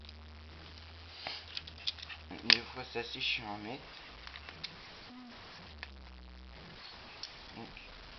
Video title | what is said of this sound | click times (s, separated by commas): [TUTO]Comment remonter sa manette ps3 | il y a des petites languettes et donc il faut appuyer le moteur et vous entendez des petit CLS | 0.1 s, 1.6 s